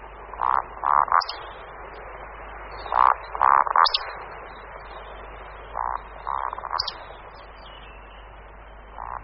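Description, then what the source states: Eurasian woodcock roding display: low, throaty grunting croaks in short bursts, three of them followed by a thin, high sharp squeak, over steady background hiss. Courtship song of the male given in flight at dusk over wetlands, forest edges and clearings while seeking a female on the ground; display and mating happen at night.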